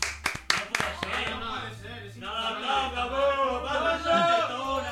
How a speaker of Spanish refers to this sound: ¡Va, un aplauso!